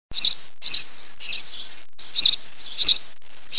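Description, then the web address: Sparrow chirping in bright, high notes, repeated several times, over background hiss. "small sparrow call"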